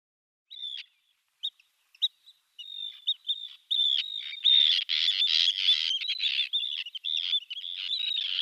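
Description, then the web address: Arctic tern giving short high calls at first, then a dense run of harsh, grating calls that overlap almost continuously to the end. "Schulze Peter Arctic Tern"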